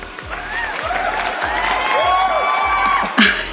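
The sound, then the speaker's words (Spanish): Canned applause with a crowd clapping steadily, mixed with cheers and whoops rising and falling in pitch, over a low rhythmic pulse; it swells slightly toward the end. “Pero me merezco un aplauso.”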